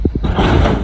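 A tractor backs slowly under a second trailer until its steel fifth-wheel coupling jaws lock onto the trailer kingpin. A sharp metallic click lands at 0.1 seconds, followed by a smaller knock and then a sustained low rumble. The kingpin is seated and locked in the fifth wheel.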